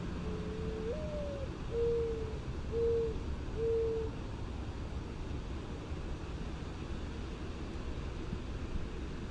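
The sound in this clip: Mourning dove cooing: a low note swelling upward, then three soft, steady hoo notes about a second apart, over a constant low rumble.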